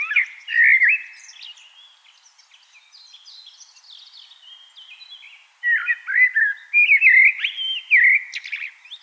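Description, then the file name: Common blackbird song: a loud fluted warble opening, a long thin high twittering tail, then a second burst of mellow, varied whistled notes. "Turdus merula"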